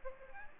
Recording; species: mosquito wingbeat signal from an infrared sensor; Aedes aegypti